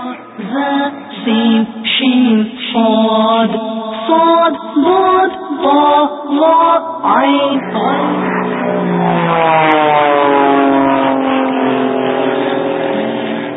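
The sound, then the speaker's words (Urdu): A voice speaks in short bursts, then an airplane engine drone takes over, a steady loud hum whose layered tones slowly climb in pitch as it flies past. “یہ ایک اور جہاز آ رہا ہے، بتائیے یہ جہاز کس رنگ کا ہے؟”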